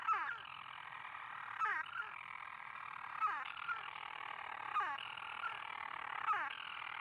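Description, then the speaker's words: European Storm Petrel giving a continuous churring purr, cut by an abrupt falling hiccup note about every one and a half seconds. Single wild bird calling early in the evening after darkness falls, at the monastery on Skellig Michael, a rocky Atlantic island, where storm petrels swarm around the stonework. "Early in the evening, a single storm petrel makes its call."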